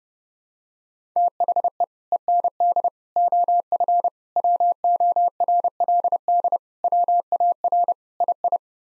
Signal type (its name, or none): Morse code